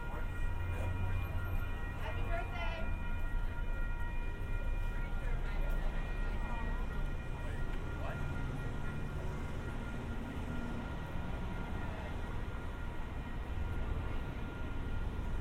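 A binaural walk through San Diego with a steady low rumble of passing traffic, faint voices, and a few brief higher squeals near two and eight seconds.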